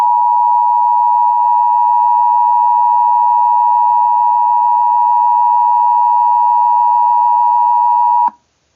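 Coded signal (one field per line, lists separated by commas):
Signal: Emergency Alert System (SAME) tones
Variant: 853 and 960 Hz attention tone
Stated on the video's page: Fictional EAS scenario tones, simulated.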